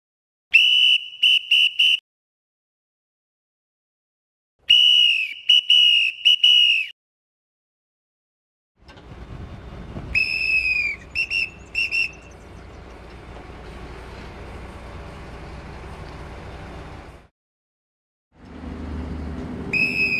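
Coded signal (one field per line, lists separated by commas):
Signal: whistle signal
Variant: crane dogger whistle signals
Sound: groups of sharp whistle blasts, long and short, separated by silence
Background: machinery noise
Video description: Hand & whistle signals every dogger & crane operator needs to know!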